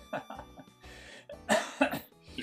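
A few short, harsh throat-clearing bursts and a brief cough from an adult man whose throat has been in very bad condition lately, irritated amid coughing going around the people near him.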